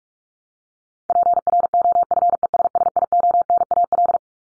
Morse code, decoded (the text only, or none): PROFESSIONAL